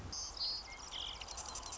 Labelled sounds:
Nuttall's Woodpecker

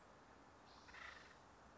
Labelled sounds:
Acorn Woodpecker

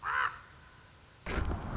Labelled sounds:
Common Raven

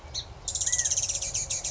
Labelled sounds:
Song Sparrow

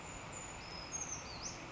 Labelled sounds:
Brown Creeper

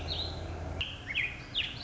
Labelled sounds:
Warbling Vireo

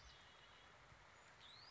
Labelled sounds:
Red-winged Blackbird

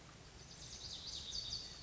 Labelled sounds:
Lazuli Bunting

